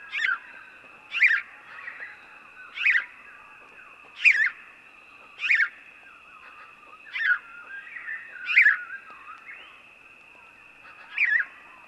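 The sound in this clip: House sparrow giving several harsh chirps at uneven intervals, with a steady high whine beneath.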